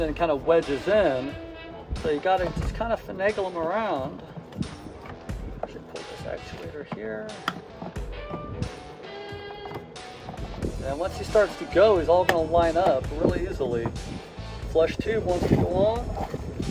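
A water valve is worked into the track of an RV toilet base while someone talks, with music playing underneath. The valve actuator is pulled, and the valve and flush tube are shifted into line, giving only small handling knocks around 5.3, 7.8, 8.0 and 10.3 seconds. The valve is lined up but nothing has seated or clicked yet.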